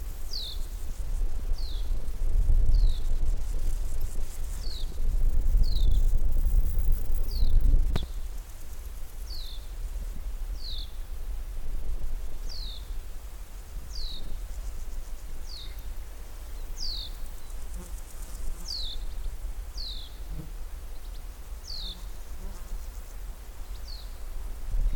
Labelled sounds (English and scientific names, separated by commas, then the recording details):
Common House Martin (Delichon urbicum)
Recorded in the wild
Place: Groß Dölln, Schorfheide, Brandenburg, DE
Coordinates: 53, 13.61
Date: 1996-08-06 15:45
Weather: wechselnd wolkig, ca. 17°C
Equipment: Sony MD-WM MZ-R3, Sennheiser ME 80, Kopie Uher 4000 Report Monitor
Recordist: Tembrock, Günter